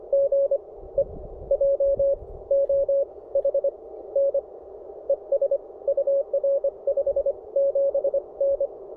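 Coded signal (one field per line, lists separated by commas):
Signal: Morse code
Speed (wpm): 20 wpm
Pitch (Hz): 590 Hz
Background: none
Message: GE JOHN ES UR 57N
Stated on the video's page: POTA park activation on CW with a self-designed CFT1 transceiver, possibly keyed with an iambic paddle and using an end-fed halfwave antenna.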